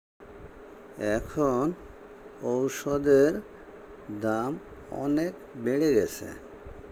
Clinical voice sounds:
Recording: elicited speech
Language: Bengali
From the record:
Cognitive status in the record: dementia

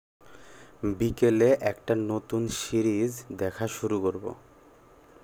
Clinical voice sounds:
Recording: elicited speech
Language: Bengali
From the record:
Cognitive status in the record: cognitively healthy

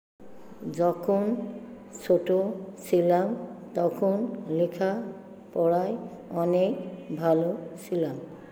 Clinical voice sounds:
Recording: elicited speech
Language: Bengali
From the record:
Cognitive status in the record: dementia

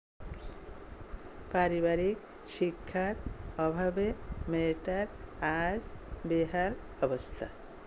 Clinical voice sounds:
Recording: elicited speech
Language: Bengali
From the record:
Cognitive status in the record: dementia

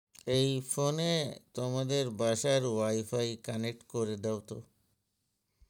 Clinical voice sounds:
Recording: elicited speech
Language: Bengali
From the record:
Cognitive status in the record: dementia

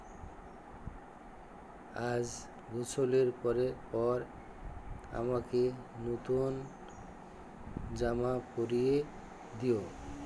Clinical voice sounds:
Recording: elicited speech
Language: Bengali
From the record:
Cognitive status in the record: dementia

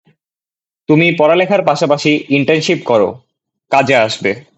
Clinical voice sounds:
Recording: elicited speech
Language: Bengali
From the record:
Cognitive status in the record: cognitively healthy

